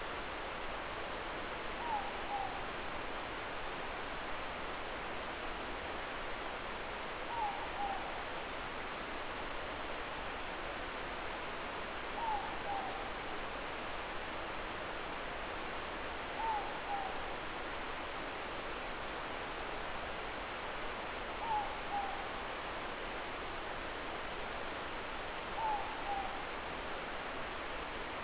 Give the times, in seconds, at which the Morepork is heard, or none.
1.66-2.74, 7.15-8.18, 12.05-13.14, 16.28-17.27, 21.30-22.28, 25.51-26.46